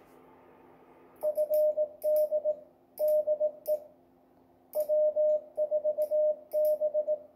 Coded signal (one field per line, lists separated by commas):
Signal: Morse code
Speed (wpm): 18 wpm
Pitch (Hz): 610 Hz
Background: radio noise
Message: FD DE W4B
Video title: 2019 CCARS CW Field Day Operation